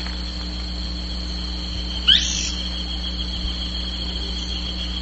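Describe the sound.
Bird giving one short, sharp swooping call that rises then drops, high-pitched, over a steady electrical hum and faint background hiss.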